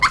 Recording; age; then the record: pig call; piglet (1 to 25 days)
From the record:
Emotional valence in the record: positive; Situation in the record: after nursing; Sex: male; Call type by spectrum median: low-frequency call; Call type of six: high-frequency stable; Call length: 0.11 s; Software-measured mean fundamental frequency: 204 Hz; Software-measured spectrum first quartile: 1161 Hz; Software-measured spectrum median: 1693 Hz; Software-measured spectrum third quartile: 2552 Hz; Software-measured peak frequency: 2113 Hz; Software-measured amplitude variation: 159 dB a second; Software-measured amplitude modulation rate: 4.6 a second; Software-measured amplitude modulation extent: 34.9 dB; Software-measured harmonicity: 8.8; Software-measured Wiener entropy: -2.29